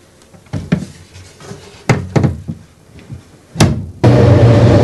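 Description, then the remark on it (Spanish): A small cupboard door is handled and shut with a few sharp wooden knocks and clunks spaced over several seconds, then a loud, steady droning noise cuts in abruptly. “Luego cierra la puerta del armarito.”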